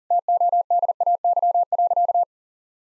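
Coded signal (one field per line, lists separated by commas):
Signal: Morse code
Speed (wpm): 40 wpm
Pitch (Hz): 700 Hz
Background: none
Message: TODAY.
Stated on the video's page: Morse practice at 40 wpm: sentences of common seven-word phrases, each sent, spoken, then sent again.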